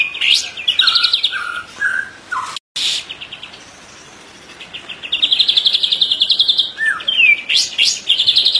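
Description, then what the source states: White-rumped shama song opening with whistled notes and a trill, a quiet gap, then a long rapid high trill and a slurred whistle near the end. Masteran (training recording) for caged birds, titled Murai Batu Labaik.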